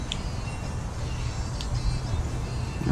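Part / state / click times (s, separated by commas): wiring harness clips into frame mounts / seated / 0.1 s, 1.6 s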